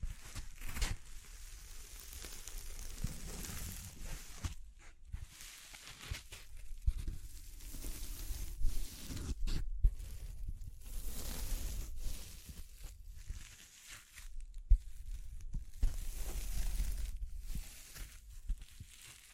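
Tapping, scratching, brushing and crinkling sounds fill the clip in dense, uneven bursts, with a steady low rumble underneath. Short gaps break the activity around 5, 9.5 and 14.5 seconds, and a few sharper taps stand out near 10 and 15 seconds.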